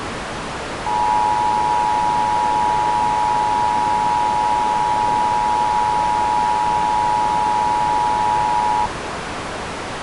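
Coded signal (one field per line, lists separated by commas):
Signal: Emergency Alert System (SAME) tones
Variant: 853 and 960 Hz attention tone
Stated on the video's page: Real EAS flash flood warning for the Pittsburgh suburbs.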